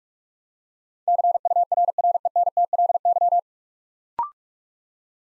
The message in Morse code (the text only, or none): CURRENTLY